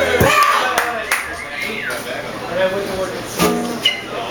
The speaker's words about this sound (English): Everybody, put your hands together